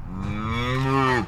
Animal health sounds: contact call of a hoofed animal; cattle; low-frequency (closed-mouth) or high-frequency (open-mouth) call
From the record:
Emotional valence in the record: negative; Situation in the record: full separation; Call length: 1.28 s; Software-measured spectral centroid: 1730 Hz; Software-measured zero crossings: 1560 a second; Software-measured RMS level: -24 dBFS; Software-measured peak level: -9 dBFS

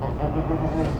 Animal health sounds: contact call of a hoofed animal; goat; low-frequency (closed-mouth) or high-frequency (open-mouth) call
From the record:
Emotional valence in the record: positive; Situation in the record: food anticipation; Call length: 1.00 s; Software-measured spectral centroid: 1160 Hz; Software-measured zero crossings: 820 a second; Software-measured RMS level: -24 dBFS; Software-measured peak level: -11 dBFS

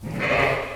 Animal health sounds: contact call of a hoofed animal; sheep; low-frequency (closed-mouth) or high-frequency (open-mouth) call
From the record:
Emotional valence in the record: negative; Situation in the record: short social isolation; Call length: 0.75 s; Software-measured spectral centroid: 2040 Hz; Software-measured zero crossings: 2390 a second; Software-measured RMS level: -23 dBFS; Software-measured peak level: -7 dBFS

